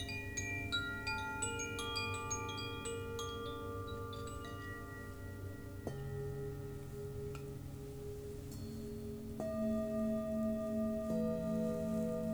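Singing bowls ring with long, sustained tones that layer and overlap, each new strike adding a bright attack before settling into a steady hum. Fresh strikes come around six seconds and again near nine and eleven seconds, with a low rumble underneath throughout.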